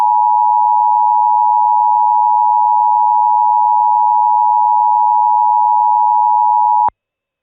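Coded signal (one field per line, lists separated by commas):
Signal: Emergency Alert System (SAME) tones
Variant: 853 and 960 Hz attention tone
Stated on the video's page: Mock, simulated EAS flash flood alert scenario, not a real broadcast.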